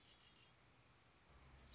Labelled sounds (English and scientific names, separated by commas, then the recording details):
Red-winged Blackbird (Agelaius phoeniceus)
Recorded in Sonoma County, California